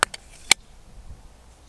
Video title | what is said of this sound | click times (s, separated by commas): (NEW) InfiRay Outdoor RICO MK2 LRF RH50R | snaps on the side | 0.0 s, 0.5 s